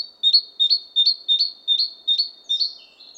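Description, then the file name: Great tit producing a steady string of sharp doubled chips, roughly three each second, high and clear against a silent background. "Parus major"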